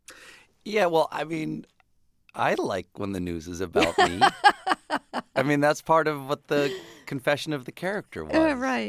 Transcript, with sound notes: Yeah. Well, I mean, I like when the news is about me.
(Laughter).
I mean, that's part of what the confession of the character was.